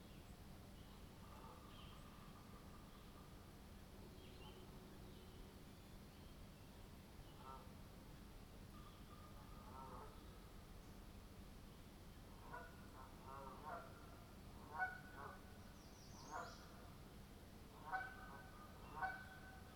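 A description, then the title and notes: A spring night soundscape with a steady low hum and rumble underneath throughout. Scattered calls rise above it: drawn-out tones early, then clusters of short chirps and bright notes from about twelve seconds on, with a few sharper peaks near the end. Soundscape recordings made in the Eastern part of Parry Sound District of Ontario or what is locally known as the Almaguin Highlands. Inside that bird feeder was an audio recorder that captured the overnight soundscapes of spring.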